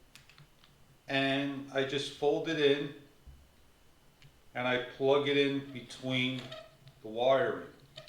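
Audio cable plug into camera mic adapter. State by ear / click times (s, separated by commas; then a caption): not seated / none. Someone talks while an audio cable plug is folded in and pushed between the wiring toward a CYNOVA 3.5 mm external mic adapter on a DJI Osmo Action camera, with faint handling ticks at the start, around 4.2 s, and near 8.0 s. The plug has not snapped into place yet; nothing has seated or clicked by the end of the clip.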